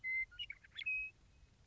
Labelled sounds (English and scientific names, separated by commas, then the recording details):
Western Meadowlark (Sturnella neglecta)
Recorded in Sonoma County, California